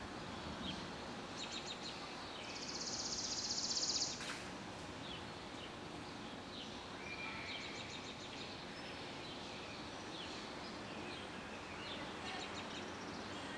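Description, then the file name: Chipping Sparrow gives a quick mechanical trill early on, then background noise continues with several faint, short chirps. Early summer evening, with children playing in the background. "freesound Early Summer Evening Kids Playing Chipping Sparrows"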